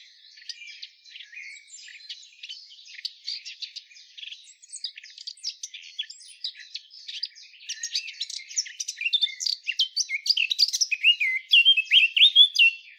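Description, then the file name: Eurasian blackcap song: a long, soft scratchy chattering warble that gradually grows louder and ends in clearer, fluting whistled phrases. "Sylvia atricapilla"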